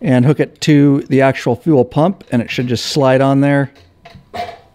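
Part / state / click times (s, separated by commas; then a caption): main fuel line onto fuel pump outlet / seated / 4.1 s. Someone talks while the main fuel line is pushed onto the outlet fitting of a Harley Davidson fuel pump. A short click is heard at 4.1 s as the line seats back in place on the pump.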